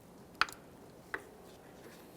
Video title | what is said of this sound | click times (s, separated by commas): How to Replace AC Condenser 2010-2013 Kia Forte Koup | go ahead and press that in listen for a click | 0.4 s